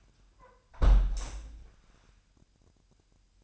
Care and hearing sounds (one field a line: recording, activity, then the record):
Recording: daily activity, microphone in the room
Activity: close window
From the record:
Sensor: 2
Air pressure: 998.4 hPa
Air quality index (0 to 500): 150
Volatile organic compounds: 5 ppm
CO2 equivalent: 1711 ppm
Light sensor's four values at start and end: 10/24/10/11 and 10/24/10/11